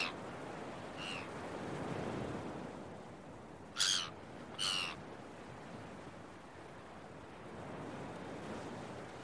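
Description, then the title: Gull calls: one faint cry, then two sharp harsh calls in quick succession, with rolling beach waves throughout. Early morning at the beach, with waves. "Early Morning Seagulls and Beach Waves"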